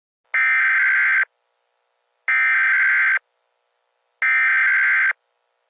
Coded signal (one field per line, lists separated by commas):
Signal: Emergency Alert System (SAME) tones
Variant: header bursts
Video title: EAS Scenario: Colorado Tornado Disaster